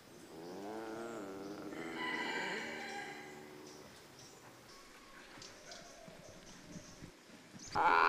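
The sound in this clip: Binturong calls: a wavering, harmonic moaning whine rising and falling over about three seconds, followed by quiet shuffling, clicks and a loud rustle at the end.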